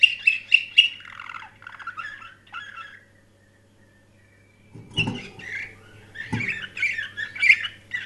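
Canary singing quick trills and chirps, falling silent for about two seconds, then resuming with rolling trills; a few knocks and a faint low hum underneath.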